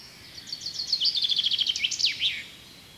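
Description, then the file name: Common chaffinch song, a cascading series of quick high notes falling in pitch and finishing with an emphatic terminal flourish. "Fringilla coelebs"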